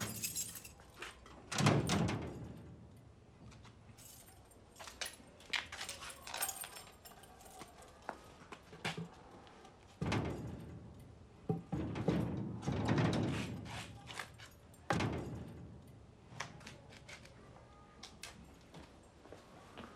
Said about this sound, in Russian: Ночь. Ворота храма закрывают служители, надежно проверяя прочность дверей и ворот.